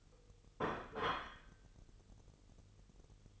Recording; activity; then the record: daily activity, microphone in the room; place plate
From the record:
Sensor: 4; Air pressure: 989.4 hPa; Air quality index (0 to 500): 212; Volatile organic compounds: 60 ppm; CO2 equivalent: 3416 ppm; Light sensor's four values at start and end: 26/91/33/35 and 26/91/33/35